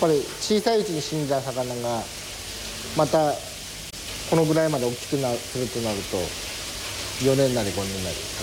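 Water runs constantly out of a fish tank: a steady rush without pause, a constant hiss beneath a person talking in bursts over it.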